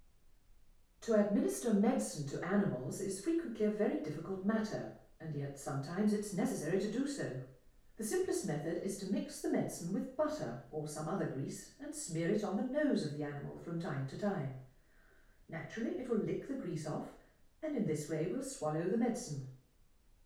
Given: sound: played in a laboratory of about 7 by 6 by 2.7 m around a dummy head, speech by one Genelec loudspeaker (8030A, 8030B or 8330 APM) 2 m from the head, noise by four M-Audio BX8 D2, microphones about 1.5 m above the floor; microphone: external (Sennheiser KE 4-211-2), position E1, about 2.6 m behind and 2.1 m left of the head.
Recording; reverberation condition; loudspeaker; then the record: female speech in English; medium; 120 degrees to the right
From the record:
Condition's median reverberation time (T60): about 510 ms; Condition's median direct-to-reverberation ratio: about -0.5 dB